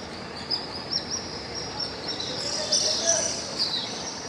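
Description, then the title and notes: Swiftlets calling in a high, buzzy twitter with occasional sharper chirps popping out over a steady background hiss. Swiftlet colony nesting in concrete corners under Pasar Sentral bridge, Pangkajene; flying around the bridge, foraging over housing and busy open market; heard every morning. "Kolong Walet. Burung Walet yang bersarang di sudut-sudut beton bawah Jembatan Pasar Sentral Pangkajene"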